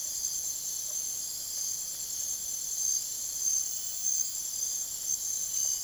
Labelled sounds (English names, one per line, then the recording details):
none
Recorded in secondary vegetation near Puerto Asís, Putumayo, Colombia, on 25 June 2025 at 04:00
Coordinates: 0.489, -76.322
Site G021